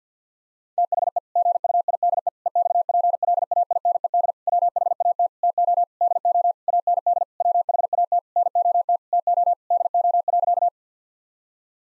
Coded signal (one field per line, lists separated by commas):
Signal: Morse code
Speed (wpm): 50 wpm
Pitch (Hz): 700 Hz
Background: none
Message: THE GUIDE EXPLAINED WHAT TO DO AND WHAT NOT TO DO.